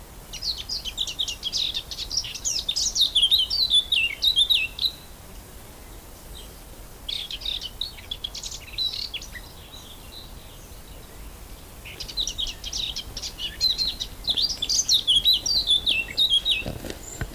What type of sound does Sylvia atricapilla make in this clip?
song